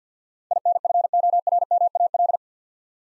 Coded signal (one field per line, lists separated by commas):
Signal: Morse code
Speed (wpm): 50 wpm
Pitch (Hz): 700 Hz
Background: none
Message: INFORMAL